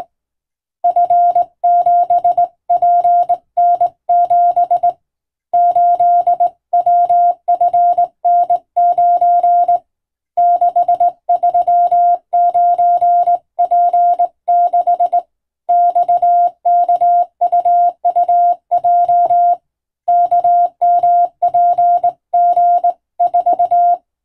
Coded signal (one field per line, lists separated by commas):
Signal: Morse code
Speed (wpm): 20 wpm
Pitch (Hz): 700 Hz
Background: none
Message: F7PN7 8WFN9 639P6 XKUUJ KMPG4